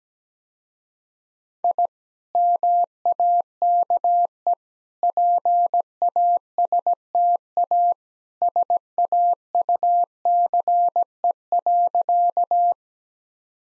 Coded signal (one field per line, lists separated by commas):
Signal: Morse code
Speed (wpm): 17 wpm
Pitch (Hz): 700 Hz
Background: none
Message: I MAKE PASTA SAUCE.